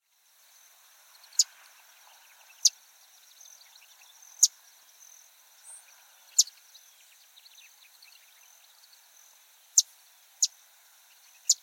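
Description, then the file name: Sedge Wren giving sharp, dry chip notes at irregular intervals, seven in all, over a steady high insect buzz. "Cistothorus stellaris - Sedge Wren"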